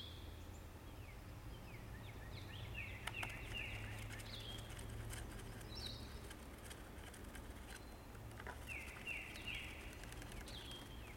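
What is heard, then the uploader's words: Birds chirp in the forest with repeated short trilling phrases around 3 and 9 seconds, over a steady low rumble and occasional clicks. The peaceful sound of birds in the forest.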